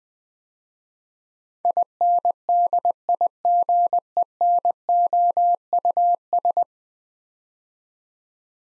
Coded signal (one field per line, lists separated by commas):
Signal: Morse code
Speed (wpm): 20 wpm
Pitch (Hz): 700 Hz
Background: none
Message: INDIGENOUS